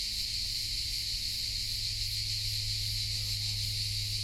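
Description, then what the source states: Dense cricket chorus, a steady piercing high buzz throughout, over a low continuous hum. Hundreds heard in a pine grove in Collserola, in the morning, in heat over 30 °C; binaural recording.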